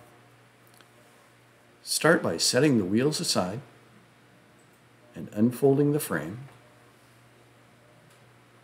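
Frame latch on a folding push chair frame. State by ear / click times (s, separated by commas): not seated / none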